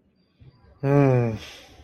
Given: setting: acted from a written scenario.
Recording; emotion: vocal sound without words; guilt